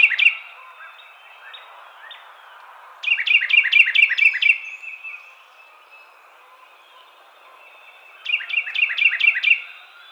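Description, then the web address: Carolina wren song: two loud rolling phrases of rapid, ringing repeated notes, about five seconds apart. Recorded on 23 April 2007. "Carolina Wren 2007 04 23"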